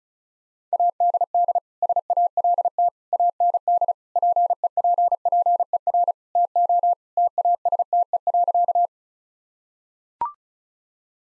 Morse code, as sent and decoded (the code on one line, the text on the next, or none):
.- -.. -.. / ... .- .-.. - / .- -. -.. / .--. . .--. .--. . .-. / - --- / - .- ... - . .-.-.-
ADD SALT AND PEPPER TO TASTE.